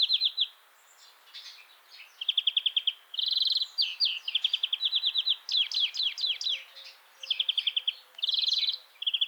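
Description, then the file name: European greenfinch singing continuously, a twittering run of fast even trills, ringing rattles and swooping whistled notes strung together almost without break. "Chloris chloris"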